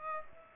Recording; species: mosquito wingbeat signal from an infrared sensor; Aedes aegypti